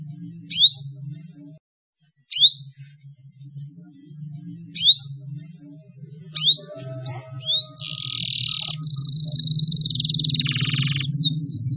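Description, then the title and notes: Atlantic canary giving spaced, sharp upslurred chip notes that come faster and break into rapid buzzy trills near the end, with a low background hum. Bird lure sound. "Pikat Burung Baru. kenari"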